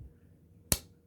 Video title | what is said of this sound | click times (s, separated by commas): Le Violon by Coutellerie Au Sabot; an elegant work knife. 🇨🇵 | and the blade snaps open. | 0.7 s